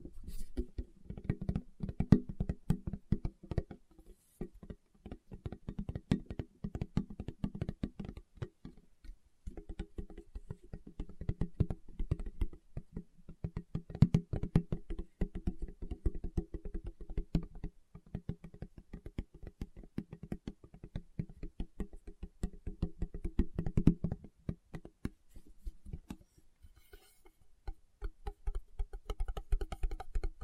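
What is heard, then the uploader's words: Fingertips tap in fast, dense bursts of dull, low knocks, pausing briefly near nine and twenty-six seconds before resuming at an uneven pace. ASMR Tapping with Fingertips (No Talking).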